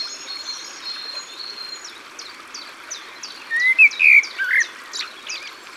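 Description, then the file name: Common blackbird giving a short fluting phrase after a run of high repeated ticks from another bird, with rushing stream sound throughout. Singing beside the water. "Merle noir Au bord de leau"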